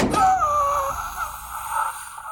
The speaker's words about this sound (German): Bei der Tür lag ein junger Mann und wimmerte. Er hielt sich die Schulter. Das Gewehr hatte ihm beim Rückstoß die Schulter ausgerenkt.